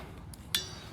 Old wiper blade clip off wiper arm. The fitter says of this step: We're gonna push that little button in, pop that out,